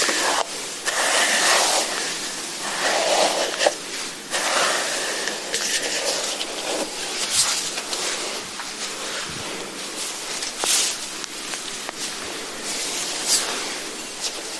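Gentle massage sounds: steady, bright rubbing and brushing with soft swells, plus occasional sharper clicks or swishes around seconds 7, 11 and 13.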